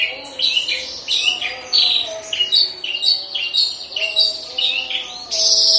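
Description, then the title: Horsfield's bush lark song, continuous varied chirps and warbled phrases, rising and falling, ending in a loud high scratchy burst. Recorded in Situbondo, East Java, Indonesia. "Branjangan Javanica Ktp Situbondo Jatim"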